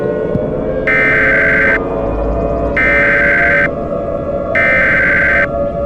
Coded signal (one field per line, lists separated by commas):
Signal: Emergency Alert System (SAME) tones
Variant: header bursts